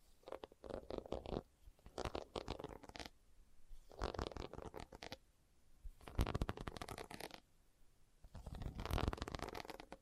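Leather is scratched and rubbed in five bursts, each roughly a second long, textured and crackly, separated by short quiet pauses.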